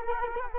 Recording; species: mosquito wingbeat signal from an infrared sensor; Culex quinquefasciatus